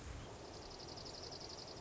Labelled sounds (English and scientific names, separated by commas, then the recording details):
Dark-eyed Junco (Junco hyemalis)
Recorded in Sonoma County, California